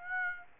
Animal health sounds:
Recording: mosquito wingbeat signal from an infrared sensor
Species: Aedes aegypti

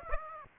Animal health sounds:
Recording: mosquito wingbeat signal from an infrared sensor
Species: Aedes aegypti

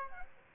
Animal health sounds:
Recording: mosquito wingbeat signal from an infrared sensor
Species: Aedes aegypti

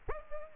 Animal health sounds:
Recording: mosquito wingbeat signal from an infrared sensor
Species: Culex pipiens

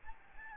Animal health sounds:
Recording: mosquito wingbeat signal from an infrared sensor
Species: Aedes albopictus

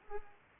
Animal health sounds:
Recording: mosquito wingbeat signal from an infrared sensor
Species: Culex pipiens

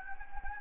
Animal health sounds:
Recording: mosquito wingbeat signal from an infrared sensor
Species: Anopheles gambiae

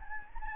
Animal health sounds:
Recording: mosquito wingbeat signal from an infrared sensor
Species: Anopheles gambiae

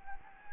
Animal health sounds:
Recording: mosquito wingbeat signal from an infrared sensor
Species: Anopheles gambiae

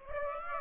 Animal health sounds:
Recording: mosquito wingbeat signal from an infrared sensor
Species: Aedes aegypti

